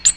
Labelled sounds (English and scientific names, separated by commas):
Ovenbird (Seiurus aurocapilla) flight call